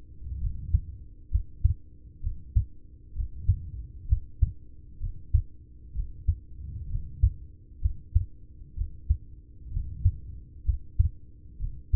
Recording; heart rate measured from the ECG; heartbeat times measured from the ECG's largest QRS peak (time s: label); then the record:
heart sounds by stethoscope; 64 bpm
0.38 s: heartbeat
1.28 s: heartbeat
2.19 s: heartbeat
3.12 s: heartbeat
4.05 s: heartbeat
4.97 s: heartbeat
5.92 s: heartbeat
6.86 s: heartbeat
7.78 s: heartbeat
8.73 s: heartbeat
9.69 s: heartbeat
10.62 s: heartbeat
11.57 s: heartbeat
From the record:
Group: heart failure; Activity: rest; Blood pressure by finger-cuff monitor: 88/48 mmHg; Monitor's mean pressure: 62 mmHg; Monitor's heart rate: 66 bpm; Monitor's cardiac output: 6 L/min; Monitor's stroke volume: 92 mL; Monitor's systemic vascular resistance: 710 dyn s/cm5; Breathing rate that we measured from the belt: 20 breaths a minute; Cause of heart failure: ischemic heart disease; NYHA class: 1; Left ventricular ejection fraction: 33%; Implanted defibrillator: present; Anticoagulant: apixaban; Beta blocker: carvedilol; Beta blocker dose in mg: 18.75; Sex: male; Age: 39 years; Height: 168 cm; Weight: 72 kg